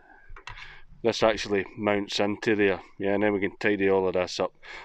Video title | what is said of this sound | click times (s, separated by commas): Himalayan Battery Problems - Install A New Motorcycle Battery - Exide AGM Battery - Royal Enfield | und die tatsächlich dort einrastet, | 0.4 s, 0.5 s